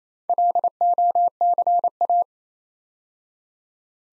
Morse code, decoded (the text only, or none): LOCA